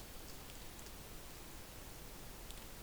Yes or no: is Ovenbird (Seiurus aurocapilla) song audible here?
no